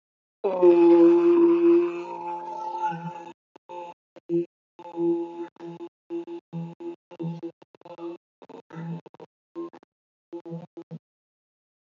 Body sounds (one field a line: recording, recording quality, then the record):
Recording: sustained vowel as in boot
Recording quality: excellent, no background noise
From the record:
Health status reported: healthy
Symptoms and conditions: none ticked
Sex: male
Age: 30 years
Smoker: yes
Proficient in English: yes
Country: India